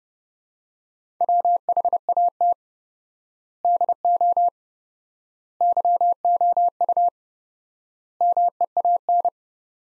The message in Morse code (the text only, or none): WHAT DO YOU MEAN